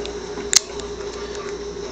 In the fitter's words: and then check it again make sure it clicks